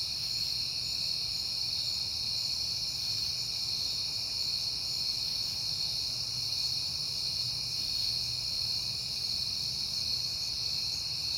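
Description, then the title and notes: Crickets chirp in a steady high chorus of trills, over a soft low rumble. Crickets recorded at night in September on a peaceful night. "Night Time: Crickets and Passing Cars. It is September and I have been hearing the crickets a lot"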